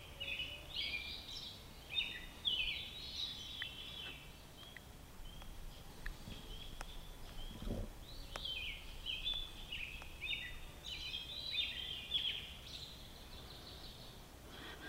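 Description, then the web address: Robin singing a long series of warbled, chirping phrases with brief gaps. Faint clicks and a soft low thump come partway through, over steady background hiss. "Sounds of Nature Robins"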